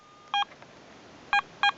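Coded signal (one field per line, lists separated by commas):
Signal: beep code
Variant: metal detector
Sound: one short buzzy beep, a pause, then two short beeps close together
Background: faint room noise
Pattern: 1 short, then 2 short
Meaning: Two beeps confirm the ground balance function is engaged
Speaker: It's just a matter of shift, hold the ground balance key, 2 beeps.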